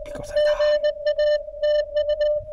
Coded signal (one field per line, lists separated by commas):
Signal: Morse code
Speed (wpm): 20 wpm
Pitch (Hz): 600 Hz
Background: none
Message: GA TU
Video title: 車載運用 マグネットアーステスト 7MHz HF40CL MAT-50 FT8 初心者CW P2P POTA JP-1262 小山内裏公園 2024/05/22 アマチュア無線 VLOG 484